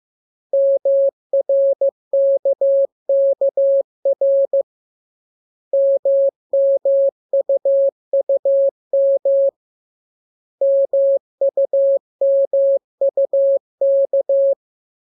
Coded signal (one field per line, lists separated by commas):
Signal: Morse code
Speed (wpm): 15 wpm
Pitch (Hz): 550 Hz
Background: none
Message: MRKKR MMUUM MUMUK